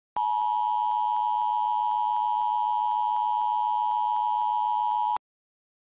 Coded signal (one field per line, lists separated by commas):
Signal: Emergency Alert System (SAME) tones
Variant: 853 and 960 Hz attention tone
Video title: EAS Mockup- Tornado Watch